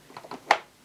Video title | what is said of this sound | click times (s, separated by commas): Ensign SM2 Upright Vacuum Cleaner By Sebo Unboxing & First Look | there we go a little click but it has clicked | 0.5 s